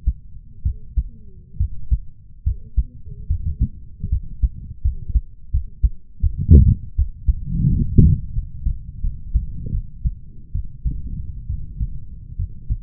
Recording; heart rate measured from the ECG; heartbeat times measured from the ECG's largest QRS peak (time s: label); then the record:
heart sounds by stethoscope; 77 bpm
0.63 s: heartbeat
1.58 s: heartbeat
2.44 s: heartbeat
3.28 s: heartbeat
4.10 s: heartbeat
4.82 s: heartbeat
5.51 s: heartbeat
6.21 s: heartbeat
6.96 s: heartbeat
7.69 s: heartbeat
8.33 s: heartbeat
9.02 s: heartbeat
9.72 s: heartbeat
10.53 s: heartbeat
11.47 s: heartbeat
12.37 s: heartbeat
From the record:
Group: healthy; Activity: Valsalva maneuver 0-3 s, rest 3-13 s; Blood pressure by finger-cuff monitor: 98/60 mmHg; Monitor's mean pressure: 73 mmHg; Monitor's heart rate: 74 bpm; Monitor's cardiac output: 7 L/min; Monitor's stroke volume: 89 mL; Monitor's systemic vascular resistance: 740 dyn s/cm5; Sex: male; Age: 20 years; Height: 187 cm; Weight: 68.9 kg